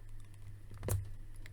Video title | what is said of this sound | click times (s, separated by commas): Marvel Legends MODOK Review and Unboxing | Okay, there it goes. It snapped in that time. | 0.9 s